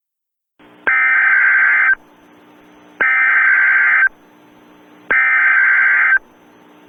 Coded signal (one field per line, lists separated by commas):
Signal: Emergency Alert System (SAME) tones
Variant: header bursts